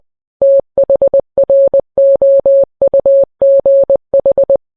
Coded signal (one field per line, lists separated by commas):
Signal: Morse code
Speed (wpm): 20 wpm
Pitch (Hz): 550 Hz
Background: none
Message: THROUGH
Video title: NWS Radio Morse code